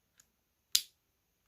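A battery pack is hooked into the grooves at the bottom of a 1999 Mitsubishi MT-230 mobile phone's battery bay and pressed down. A faint tick at 0.2 s is followed by a sharp, bright click at 0.8 s as the battery locks in place.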